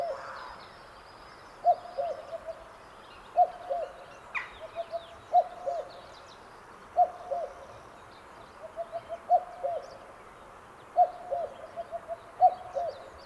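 Cuckoo sounding its two-note call over and over, about every two seconds, with a sharp bird note and light chatter behind.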